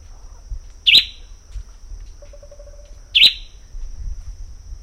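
Bird calls: two sharp, high chirps over two seconds apart, a faint low buzzy pulse train between them, and a steady thin tone throughout.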